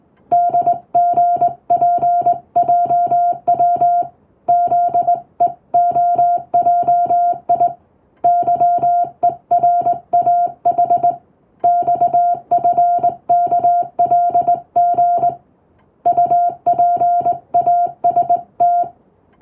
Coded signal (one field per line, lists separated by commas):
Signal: Morse code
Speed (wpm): 20 wpm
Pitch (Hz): 700 Hz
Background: music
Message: DGPJW ZEOJI YERAH XFKLG UPAST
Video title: 心地良いモールス信号！トンとツーで奏でるハーモニー！トンとツーで言葉を交わす！英語のモールス符号を打ってみました。練習にYouTubeの再生速度を設定して聞こう morse code practice